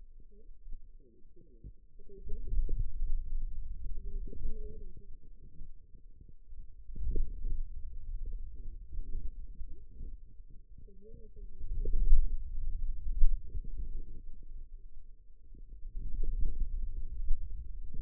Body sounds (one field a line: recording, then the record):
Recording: forearm muscle sounds (acoustic myography)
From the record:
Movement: hand closing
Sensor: system 2, bracelet of six BSWA MPA416 microphones around the upper forearm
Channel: 3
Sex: female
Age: 21 years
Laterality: right